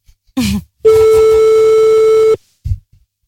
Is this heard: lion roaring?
no